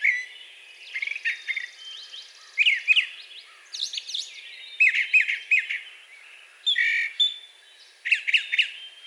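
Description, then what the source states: Brown thrasher song, a run of varied short phrases, sharp chirps and slurred notes in quick bursts, with brief pauses between. Recorded 4 June 2020.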